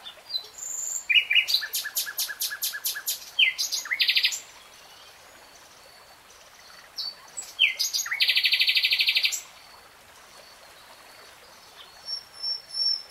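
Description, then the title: Nightingale song: several rapid rattling and buzzy phrases, each a few seconds long, separated by silent pauses. Nightingale singing in real time. "[Tiếng chim hót] 3 Hours REALTIME Nightingale Singing"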